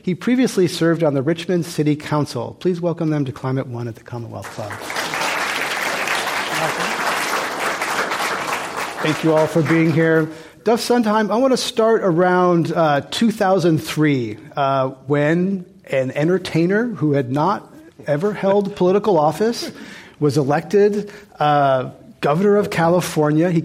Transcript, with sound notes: He previously served on the Richmond City Council. Please welcome them to Climate One at the Commonwealth Club.
[Applause]
Thank you all for being here. Duf Sundheim, I want to start around 2003 when an entertainer who had not ever held political office was elected governor of California.